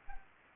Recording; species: mosquito wingbeat signal from an infrared sensor; Anopheles arabiensis